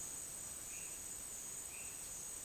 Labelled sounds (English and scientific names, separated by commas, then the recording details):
none
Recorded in dense forest near Puerto Asís, Putumayo, Colombia, on 29 June 2025 at 10:30
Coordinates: 0.484, -76.325
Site H65